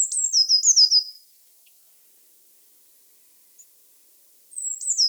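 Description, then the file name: Eurasian blue tit with a high chattering trill of falling notes, a long quiet gap, then a short burst of thin high notes returning at the end. "Cyanistes caeruleus"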